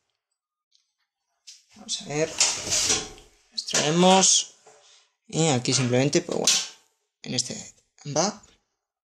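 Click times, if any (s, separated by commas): none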